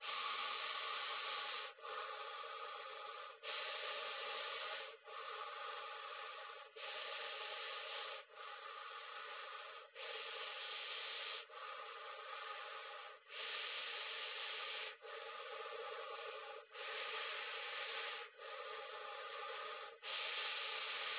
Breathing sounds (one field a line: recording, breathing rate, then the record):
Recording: paced breathing near a phone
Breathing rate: 18 breaths a minute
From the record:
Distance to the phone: 20 cm